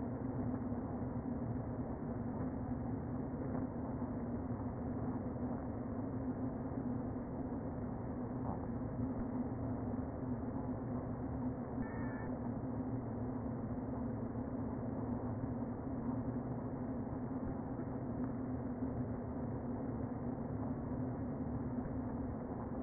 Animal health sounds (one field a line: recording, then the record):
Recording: honeybee colony, microphone inside the hive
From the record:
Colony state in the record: queen present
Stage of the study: before two queens were removed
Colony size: about 60,000 bees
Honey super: yes